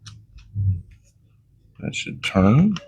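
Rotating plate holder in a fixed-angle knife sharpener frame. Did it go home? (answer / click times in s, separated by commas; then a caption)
no / none. Someone pulls back and rotates the spring-loaded stone holder of a Xarilk portable fixed-angle knife sharpener, turning the plate holder in its frame toward the other side, with faint small ticks near 0.1 s and 0.9 s while someone talks. Nothing has turned home or locked into place yet; earlier attempts failed because it was not being pulled hard enough.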